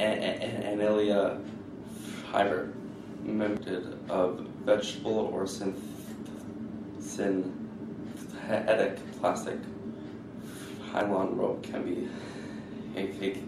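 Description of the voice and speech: Adult man who has stuttered all his life reading a passage aloud during an intake at a speech program, with stuttering: drawn-out sounds and halting blocks between words. He was previously treated by a child speech therapist and a psychologist.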